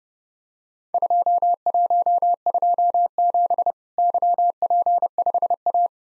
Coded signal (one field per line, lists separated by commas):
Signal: Morse code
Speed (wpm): 30 wpm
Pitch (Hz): 700 Hz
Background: none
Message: 2127 YP5A